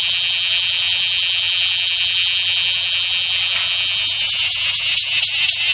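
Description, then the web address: Bear cicada giving a sustained high, buzzing drone that grows slightly rougher and more wavering toward the end. "insect kumazemi"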